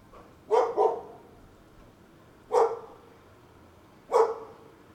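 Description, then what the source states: Dog barking, a quick double bark followed by two single sharp barks spaced about one and a half seconds apart, over a quiet low background. At Tai O.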